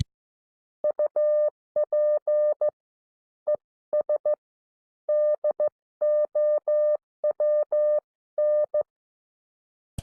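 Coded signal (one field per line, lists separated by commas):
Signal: Morse code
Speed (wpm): 14 wpm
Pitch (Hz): 600 Hz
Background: none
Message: UP ES DOWN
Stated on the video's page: Recorded instructor training.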